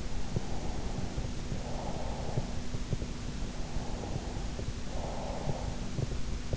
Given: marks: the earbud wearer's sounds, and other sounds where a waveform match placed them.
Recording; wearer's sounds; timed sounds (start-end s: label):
sounds in sleep by an in-ear microphone; breath
0.42-2.17 s: breath
3.60-6.09 s: breath